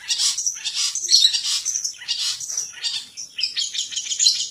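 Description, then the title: Long-tailed shrike song, a dense run of scratchy, chattering high notes with short buzzy phrases, delivered almost without pause. "Cendet"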